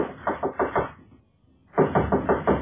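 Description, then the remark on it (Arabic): Two bursts of firm knocking on a wooden door by a messenger from the caliph's palace: a run of four quick raps, a brief pause, then another steady series of four or five raps, loud and alone. “غلبك النوم يا فتاتي، انظري من يفرقنا الساعة.”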